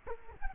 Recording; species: mosquito wingbeat signal from an infrared sensor; Culex quinquefasciatus